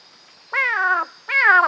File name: Leptodactylus knudseni CM PG